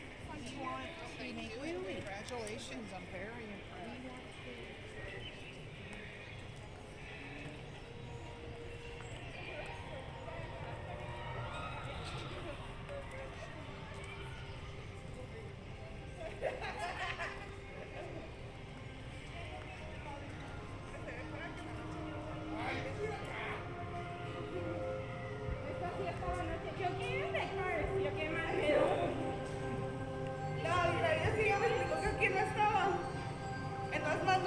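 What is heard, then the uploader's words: A busy theme park walk with steady crowd chatter, passing footsteps and clip-clop, and brighter music-like tones swelling louder toward the end. Disneyland Park Binaural Walk Through. A relaxing audio journey through Disneyland park in Anaheim, California.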